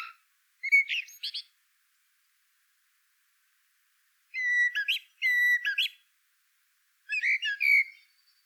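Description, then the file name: Common blackbird song of several brief phrases: low melodious whistled notes followed by thin, scratchy high twitters, with clean silence between. "Turdus merula"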